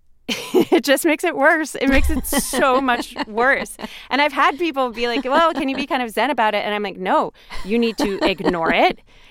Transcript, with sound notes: it just makes it worse. It makes it so much worse.
(Laughter).
And I've had people be like, well, can you be kind of Zen about it? And I'm like, no, you need to ignore it.